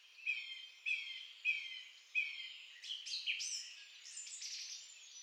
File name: Grive musicienne